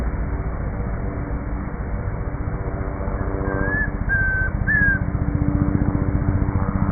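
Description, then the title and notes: Chestnut-crowned antpitta whistling three pure notes, heard once over a steady low rumble. Locally called Comprapán; recorded 2 July 2025 on a farm in Bogotá, Colombia, during a birding outing; Zoom H5 recorder with SGH-6 microphone. "Grallaria ruficapilla o Comprapán. Esta captura fue hecha el día 2 de julio del año 2025, en la Finca Zarautz Claustro Moderno, en Bogotá, Colombia."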